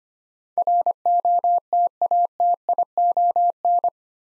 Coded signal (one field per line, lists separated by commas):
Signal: Morse code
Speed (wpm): 25 wpm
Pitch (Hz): 700 Hz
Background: none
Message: ROTATION